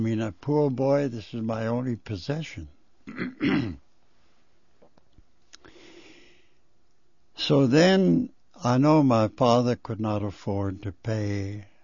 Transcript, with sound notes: I mean, a poor boy, this was my only possession. ( he clears his throat ) So then I know my father could not afford to pay.